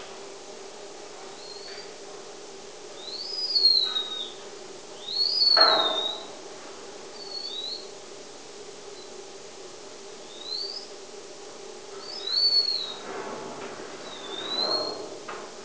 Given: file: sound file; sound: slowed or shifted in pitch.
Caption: Example of adult BxD mouse song 3 weeks after sham brain lesion surgery.